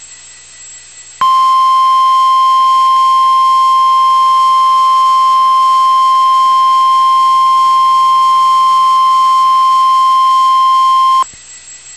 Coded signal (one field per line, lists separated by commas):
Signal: Emergency Alert System (SAME) tones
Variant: 1050 Hz attention tone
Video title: Real NOAA Weather Radio EAS Alert #111